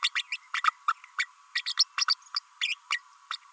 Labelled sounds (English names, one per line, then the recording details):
Green-rumped Parrotlet babbling
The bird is a female
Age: 32 days
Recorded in a nest box in Venezuela
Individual 17B32A5